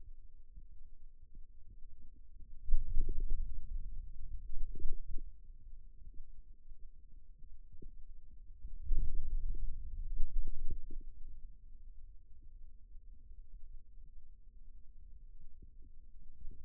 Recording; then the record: forearm muscle sounds (acoustic myography)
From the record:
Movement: radial deviation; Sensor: system 2, bracelet of six BSWA MPA416 microphones around the upper forearm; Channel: 1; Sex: male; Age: 22 years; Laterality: right